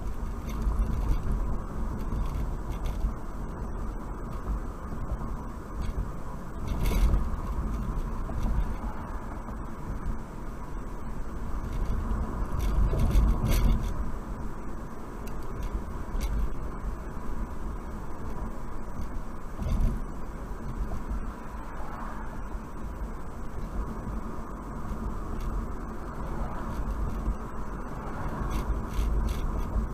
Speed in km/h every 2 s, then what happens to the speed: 55, 55, 55, 58, 60, 60, 60, 60, 61, 60, 58, 55, 53, 53, 56.
0-18 steady at about 60. 18-23 slows to 53. 23-30 steady at about 53.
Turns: none.